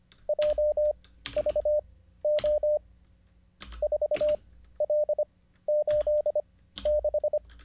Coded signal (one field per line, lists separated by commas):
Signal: Morse code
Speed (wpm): 25 wpm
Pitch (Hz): 600 Hz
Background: none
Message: JVO 4L86